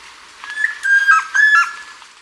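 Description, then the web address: Chestnut-crowned antpitta giving a single three-note whistle of clear mid-pitched notes, heard in a quiet setting. Ecuador, South America. "Birds of Ecuador 2. Chestnut-Crowned Antpitta"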